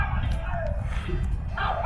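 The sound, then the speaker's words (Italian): A small dog barks and yips outdoors in short, high-pitched bursts, set against a steady wash of low background rumble. “È un cane tedesco questo. Parla perfettamente il tedesco.”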